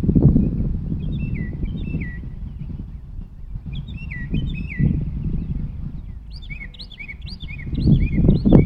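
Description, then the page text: Northern mockingbird singing short whistled and chirpy phrases, each repeated several times in quick bursts, then higher varied notes, over a steady low rumble. Recorded in Maryland. "Maryland Biodiversity. Northern Mockingbird ( Mimus polyglottos )"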